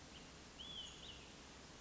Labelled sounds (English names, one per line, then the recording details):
Olive-sided Flycatcher
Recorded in Sonoma County, California